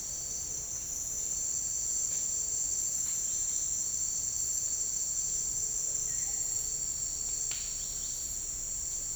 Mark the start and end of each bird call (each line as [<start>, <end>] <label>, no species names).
[6.00, 6.82] bird call
[7.41, 8.36] bird call